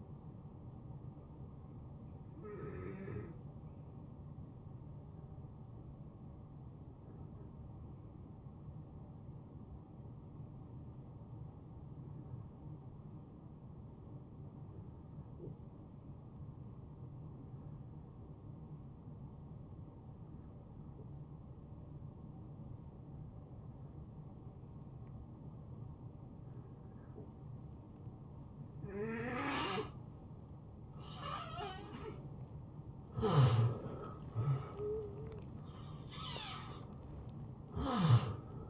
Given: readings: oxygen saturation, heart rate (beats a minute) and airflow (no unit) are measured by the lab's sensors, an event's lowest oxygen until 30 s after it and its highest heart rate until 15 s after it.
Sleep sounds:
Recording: breathing in sleep by a smartphone at the bedside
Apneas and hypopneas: 1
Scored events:
6.00-31.70 s: hypopnea (N1, oxygen 91% highest, then 82% lowest, heart rate 79 at the start, 83 highest)
From the record:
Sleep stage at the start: N1 (lightest sleep)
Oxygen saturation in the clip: 79 to 91%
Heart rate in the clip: 58 to 80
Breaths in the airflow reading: 10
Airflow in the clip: -19.5 to 9.0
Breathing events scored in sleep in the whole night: 263 in 5.5 hours asleep

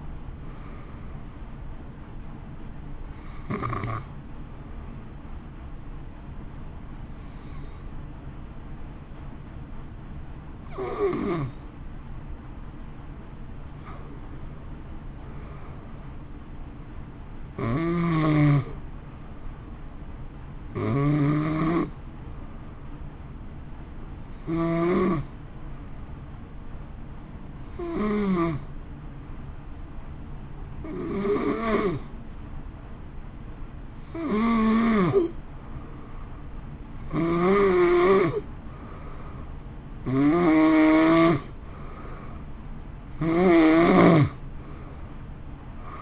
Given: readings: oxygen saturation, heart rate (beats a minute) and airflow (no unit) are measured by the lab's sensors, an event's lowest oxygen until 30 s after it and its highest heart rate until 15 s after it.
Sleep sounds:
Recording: breathing in sleep by a smartphone at the bedside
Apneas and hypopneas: 2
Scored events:
3.00-13.90 s: hypopnea (N1, oxygen 93% highest, then 88% lowest)
12.00-42.00 s: new sleep stage, N2 (light sleep)
23.00-39.30 s: hypopnea (N2, oxygen 91% highest, then 87% lowest, heart rate 56 at the start, 63 highest)
42.00-46.02 s: new sleep stage, N1 (lightest sleep)
From the record:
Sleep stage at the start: N1 (lightest sleep)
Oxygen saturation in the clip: 87 to 94%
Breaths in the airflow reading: 14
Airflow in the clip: -1.7 to 2.7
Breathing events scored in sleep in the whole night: 328 in 6.3 hours asleep

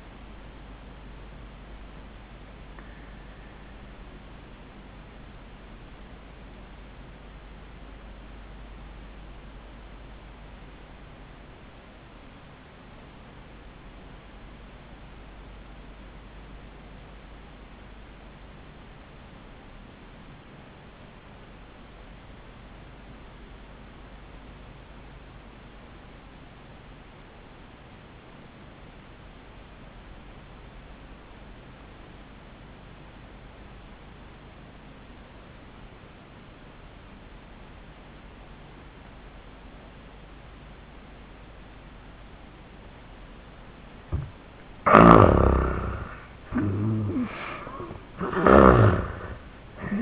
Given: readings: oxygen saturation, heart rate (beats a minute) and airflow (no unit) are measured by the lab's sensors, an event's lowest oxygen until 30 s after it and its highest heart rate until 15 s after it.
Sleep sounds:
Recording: breathing in sleep by a voice recorder at the bedside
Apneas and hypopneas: 1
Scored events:
4.00-45.00 s: obstructive apnea (REM, oxygen 92% highest, then 62% lowest, heart rate 77 at the start, 93 highest)
From the record:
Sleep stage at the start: REM sleep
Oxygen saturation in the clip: 65 to 92%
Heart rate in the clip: 61 to 91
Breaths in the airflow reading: 2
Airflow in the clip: -31.1 to 15.3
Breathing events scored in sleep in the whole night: 400 in 8.7 hours asleep

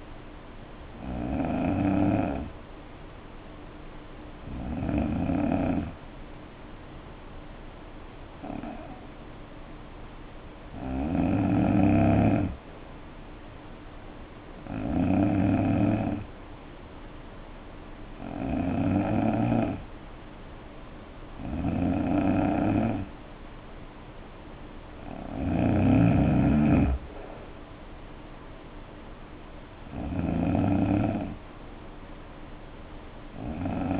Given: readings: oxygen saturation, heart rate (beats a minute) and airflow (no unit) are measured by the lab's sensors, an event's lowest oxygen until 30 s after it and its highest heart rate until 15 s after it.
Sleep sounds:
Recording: breathing in sleep by a voice recorder at the bedside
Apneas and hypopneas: 1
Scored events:
4.00-22.30 s: hypopnea (N3, oxygen 92% highest, then 90% lowest, heart rate 62 at the start, 65 highest)
13.00-34.00 s: new sleep stage, N2 (light sleep)
From the record:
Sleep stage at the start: N3 (deep sleep)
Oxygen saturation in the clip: 89 to 92%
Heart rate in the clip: 59 to 65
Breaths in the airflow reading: 8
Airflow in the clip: -8.6 to 5.0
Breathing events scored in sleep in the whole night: 520 in 7.2 hours asleep

